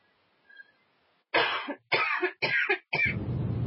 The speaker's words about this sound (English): Cough, sputter. Sorry.